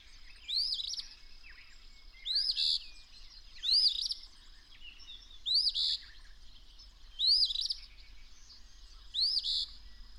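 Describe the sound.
Bird song: six upslurred whistles, each closing with a harsh buzz, with faint chirps in the gaps.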